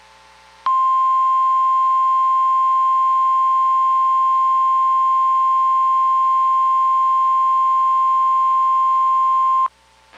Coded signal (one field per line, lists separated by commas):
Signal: Emergency Alert System (SAME) tones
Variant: 1050 Hz attention tone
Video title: (EAS #168-171) Georgia 2021 Tornado Drill + 3 Required Weekly Tests (2/3/2021)